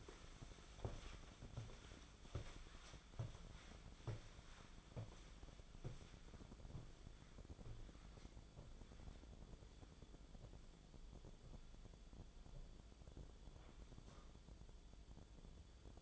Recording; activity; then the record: daily activity, microphone in the room; walk to room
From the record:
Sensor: 5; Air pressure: 1010.1 hPa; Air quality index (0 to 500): 143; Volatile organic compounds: 3 ppm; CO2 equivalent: 1396 ppm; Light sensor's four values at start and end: 312/694/317/367 and 274/685/287/313